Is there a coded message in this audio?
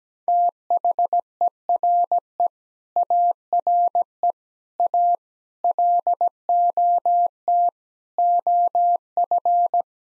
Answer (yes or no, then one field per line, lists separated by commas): yes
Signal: Morse code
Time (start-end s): 0.3-9.8 s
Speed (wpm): 17 wpm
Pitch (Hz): 700 Hz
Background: none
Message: THERE ARE A LOT OF